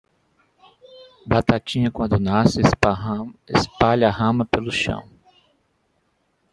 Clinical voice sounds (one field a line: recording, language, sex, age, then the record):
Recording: short text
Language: Brazilian Portuguese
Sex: male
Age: 50 to 59 years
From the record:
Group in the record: control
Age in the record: 55 years